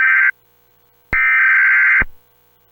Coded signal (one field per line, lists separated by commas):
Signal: Emergency Alert System (SAME) tones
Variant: header bursts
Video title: Kentucky County, Ohio Emergency Alert System - Missing Person